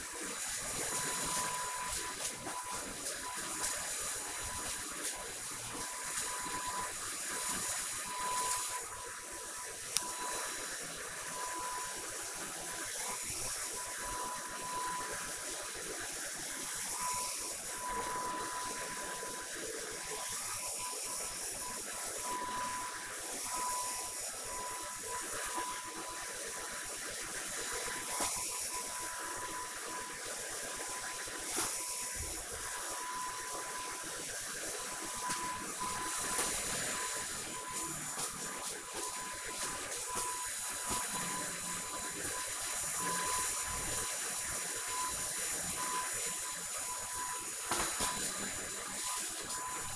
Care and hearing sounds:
household activities, microphone on the right wrist
0.00-49.95 s: vacuum cleaning

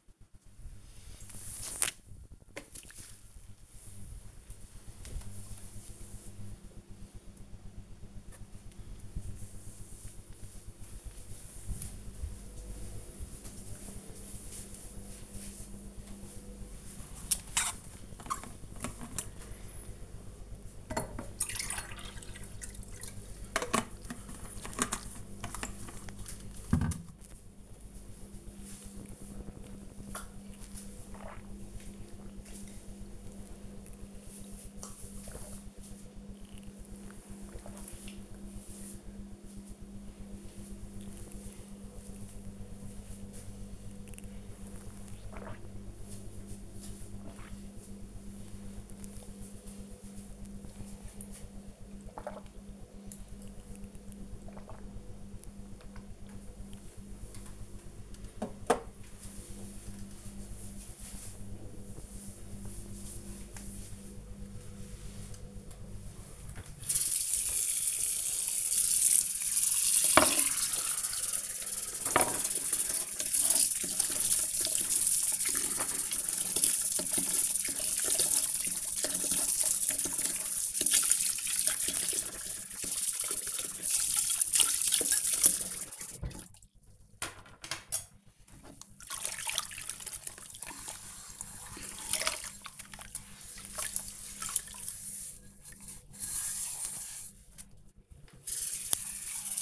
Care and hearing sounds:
household activities, microphone on the right wrist
15.64-56.90 s: drinking
64.98-99.62 s: washing dishes

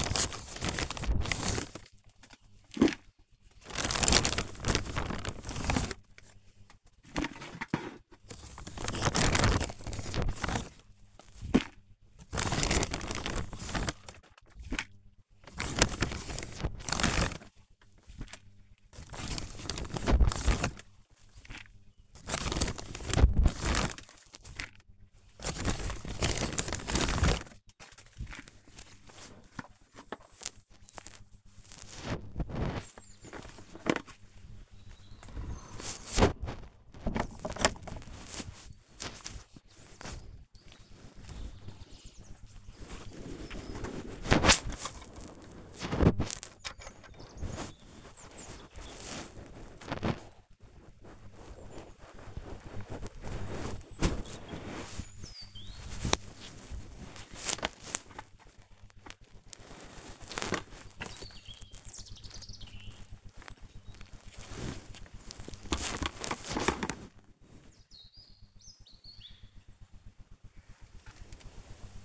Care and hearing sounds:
household activities, microphone on the right wrist
0.00-72.05 s: working in the garden

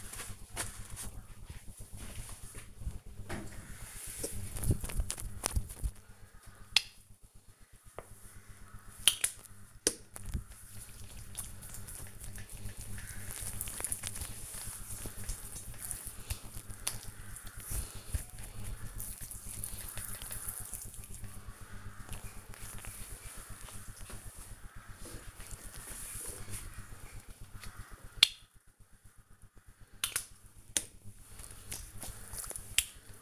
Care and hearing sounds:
household activities, microphone on the right wrist
5.91-20.99 s: cream hands
27.04-33.21 s: cream hands

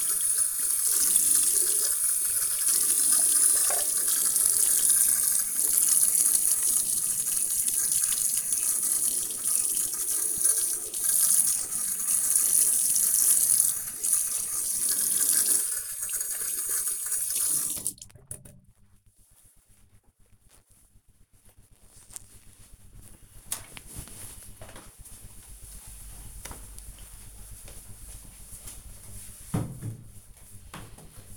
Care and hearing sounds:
household activities, microphone on the right wrist
1.48-19.63 s: washing hands

